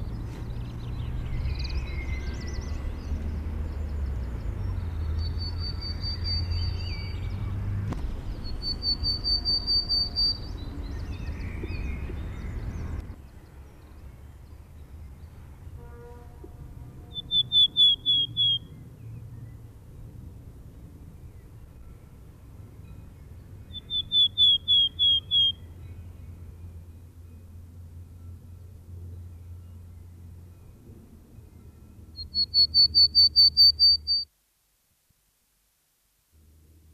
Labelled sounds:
Willow Tit song

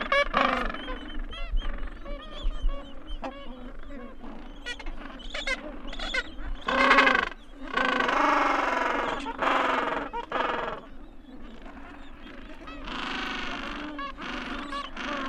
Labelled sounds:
Gentoo Penguin call

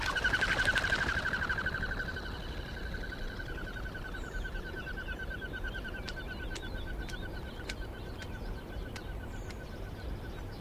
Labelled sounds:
Common Goldeneye

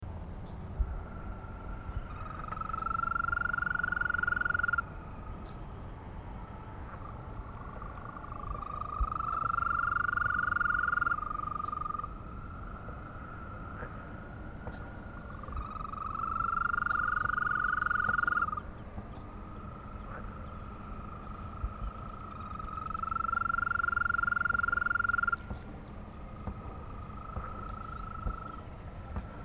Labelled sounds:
Green Toad call

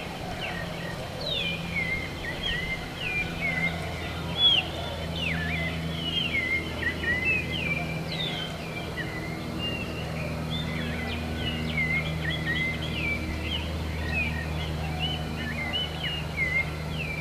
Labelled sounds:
Southern Lapwing call

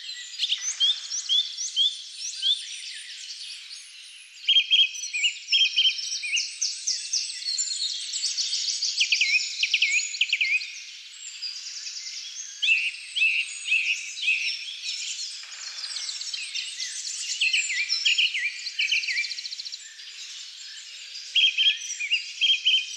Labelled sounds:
Song Thrush song

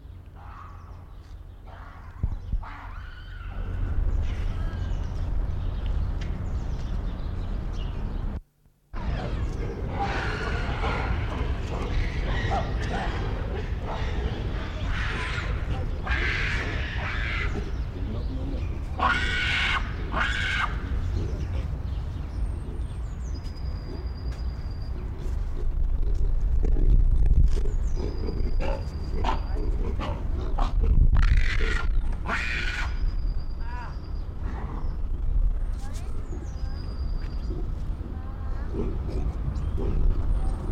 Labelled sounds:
Hamadryas Baboon

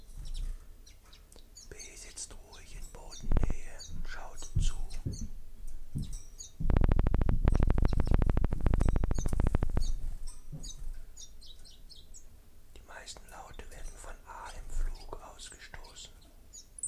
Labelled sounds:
Common Chiffchaff song

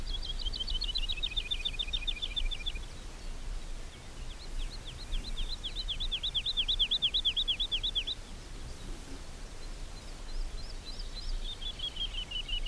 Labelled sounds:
Wood Lark song

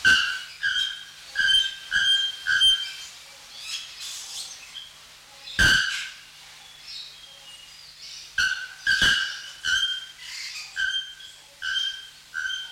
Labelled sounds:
Bare-throated Bellbird

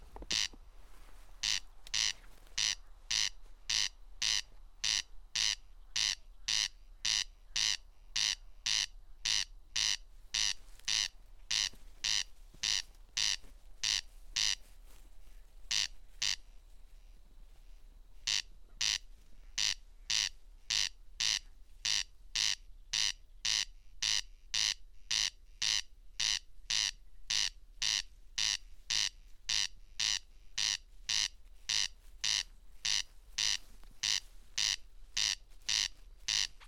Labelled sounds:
Corn Crake song

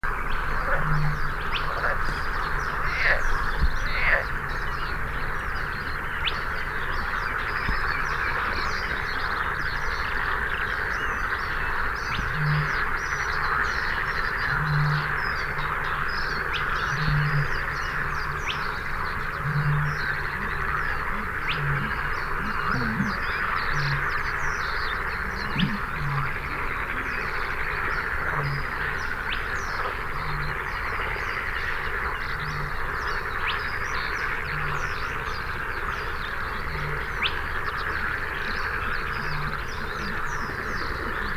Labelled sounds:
Spotted Crake song

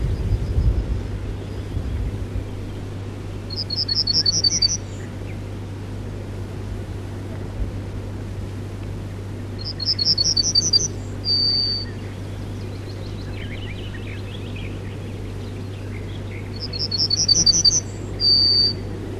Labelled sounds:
Yellowhammer song

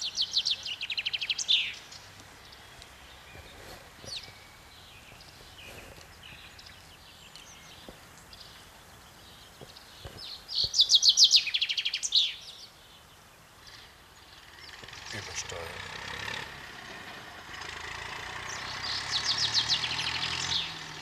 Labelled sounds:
Common Chaffinch song

